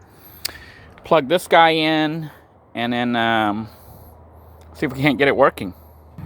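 A plastic turn-signal indicator plug is being handled for pushing into its keyed socket on an RV, where the tab only guides the plug in one way and does not lock it. A brief sharp tick sounds at about 0.5 s, and someone talks through the rest of the clip over a low background hum. The plug has not seated or clicked yet.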